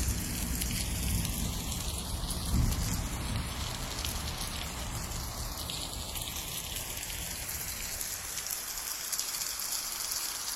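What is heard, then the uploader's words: Steady, dense rain falls, a constant hiss of drops pattering on surfaces with no pause. A low rumble swells briefly near the two-and-a-half-second mark, like thunder, then the rainfall carries on evenly to the end. Extremely delicate atmosphere of rain and thunder.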